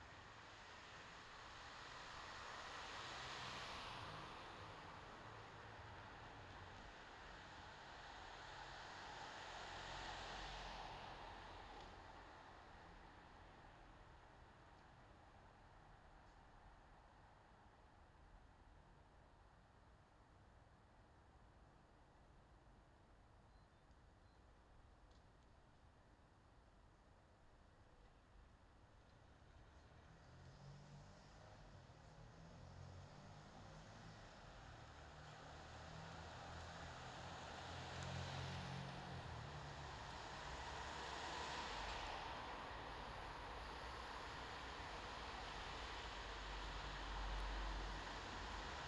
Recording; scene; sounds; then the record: everyday scene through a hearing-aid microphone; in traffic; traffic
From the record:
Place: bus stop on a city main road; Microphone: in the ear canal, left